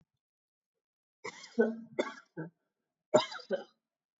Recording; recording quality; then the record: shallow voluntary cough; excellent, no background noise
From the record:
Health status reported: respiratory illness, not identified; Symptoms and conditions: asthma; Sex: female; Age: 55 years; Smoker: not ticked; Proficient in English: yes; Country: India